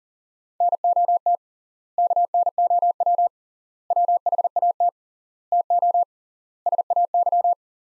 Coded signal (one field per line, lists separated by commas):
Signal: Morse code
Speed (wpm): 37 wpm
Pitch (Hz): 700 Hz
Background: none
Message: NOT KNOW WHAT TO SAY